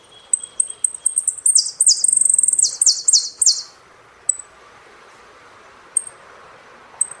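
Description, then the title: Saffron finch singing: quick thin high notes build into sweeping buzzy phrases and a rapid trill, then scattered single high notes in quiet background. "Jilguero Argentino"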